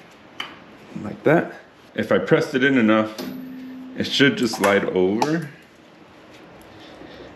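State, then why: Seated. The spring clip on the back of a Detroit Axle brake pad for a Jeep WJ Grand Cherokee is pushed into the caliper piston and seats with one sharp tick at 0.4 s. Someone talks over the rest of the clip.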